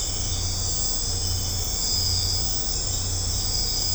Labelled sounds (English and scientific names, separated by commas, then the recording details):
none
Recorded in secondary vegetation near Puerto Asís, Putumayo, Colombia, on 20 December 2024 at 22:00
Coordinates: 0.502, -76.326
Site G028